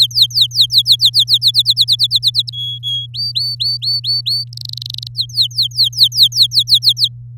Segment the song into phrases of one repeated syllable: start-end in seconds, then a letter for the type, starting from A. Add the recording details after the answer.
0.00-1.51 A, 1.54-2.50 B, 2.52-3.06 C, 3.14-4.44 D, 4.53-5.07 E, 5.15-7.08 A. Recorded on 8 May 2018 at 16:05. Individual llb16